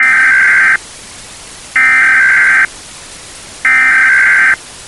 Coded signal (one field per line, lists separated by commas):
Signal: Emergency Alert System (SAME) tones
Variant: header bursts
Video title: SLENDERMAN EMERGENCY ALERT SYSTEM ANALOG HORROR